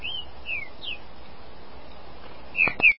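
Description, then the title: Green-winged saltator song, three soft downslurred whistles followed by two louder whistled notes with sharp clicks at the close, over steady low background hiss. "Trinca Ferro"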